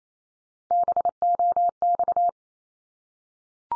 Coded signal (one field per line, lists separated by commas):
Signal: Morse code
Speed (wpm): 28 wpm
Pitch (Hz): 700 Hz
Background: none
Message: BOX